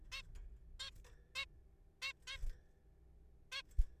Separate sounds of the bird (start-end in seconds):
0.12-0.22, 0.80-0.91, 1.35-1.45, 2.02-2.12, 2.27-2.37, 3.52-3.62